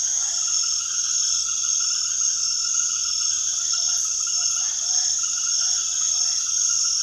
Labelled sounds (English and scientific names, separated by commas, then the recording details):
none
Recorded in secondary vegetation near Puerto Asís, Putumayo, Colombia, on 20 February 2024 at 23:00
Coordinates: 0.500, -76.326
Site G6428